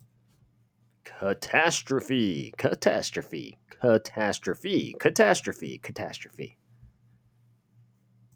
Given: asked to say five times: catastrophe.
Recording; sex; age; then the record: repeated word; male; 20 to 29 years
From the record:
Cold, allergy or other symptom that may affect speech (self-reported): no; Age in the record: 26 years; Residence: Pennsylvania, United States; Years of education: 4